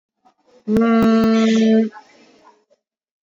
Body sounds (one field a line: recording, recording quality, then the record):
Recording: sustained vowel as in beet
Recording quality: moderate, slight background noise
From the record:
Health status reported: recovered from COVID-19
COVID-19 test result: positive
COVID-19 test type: RT-PCR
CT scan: not taken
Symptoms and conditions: cough, cold, sore throat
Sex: female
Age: 41 years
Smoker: no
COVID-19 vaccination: both doses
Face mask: worn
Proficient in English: yes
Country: India